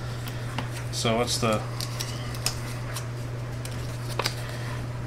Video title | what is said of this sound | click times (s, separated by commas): Seiko PADI Turtle unboxing | hmm I didn't hear a click | none